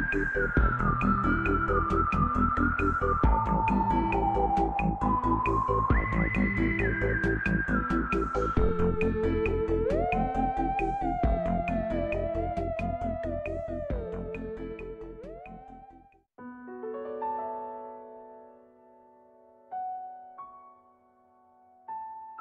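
A soundtrack piece plays with a full, steady bed of low chords under a sustained melody that glides between held notes, with a regular soft pulse ticking throughout. Around sixteen seconds it thins abruptly to quieter, sparse held tones, with brief swells near twenty and twenty-two seconds.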